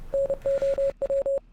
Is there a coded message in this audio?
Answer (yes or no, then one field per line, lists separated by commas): yes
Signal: Morse code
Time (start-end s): 0.1-1.4 s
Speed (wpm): 31 wpm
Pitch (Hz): 550 Hz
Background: radio noise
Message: NOW